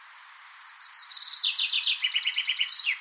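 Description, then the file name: Common chaffinch song: thin high notes speed into a fast rattling trill that descends in steps, ending with a swooping final note. "erdei pinty eneke"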